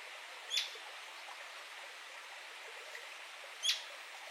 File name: Canto do maria leque do sudeste